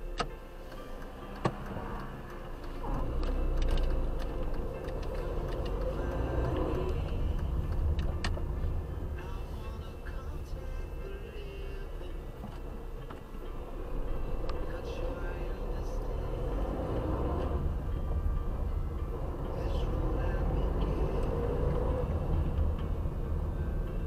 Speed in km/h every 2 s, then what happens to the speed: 0, 0, 8, 19, 11, 6, 3, 10, 12, 15, 20, 22.
0-2 standing. 2-6 pulls away to 19. 6-12 slows to 3. 12-20 speeds up to 20.